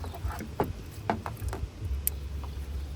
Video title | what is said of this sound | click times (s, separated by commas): How to clear code P0420 for good !! | when you hear that click it's safely attached | 2.1 s